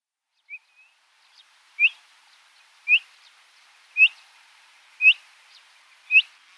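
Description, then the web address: Black-shouldered kite giving short sharp high whistled calls, each quickly rising, repeated about once a second, five clear notes after a faint start. "Schulze Peter Black-shouldered Kite"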